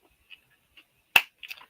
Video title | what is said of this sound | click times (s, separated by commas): G.I. Joe New News... (Classified) Review # 110-111 788 Fire Team & HMS Set | There. You hear that click? | 1.2 s